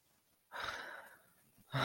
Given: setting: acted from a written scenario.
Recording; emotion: vocal sound without words; disappointment